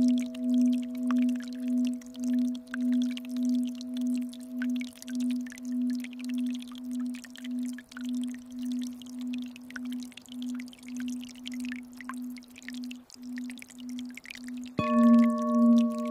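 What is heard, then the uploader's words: A Tibetan singing bowl rings with a low, steady tone that pulses in slow waves and gradually fades, with a fainter higher overtone above it. Near the fifteenth second the bowl is struck again, louder and brighter. Soft flowing water hisses throughout. Tibetan Singing Bowls with Relaxing Flowing Water: Frequency Resonance.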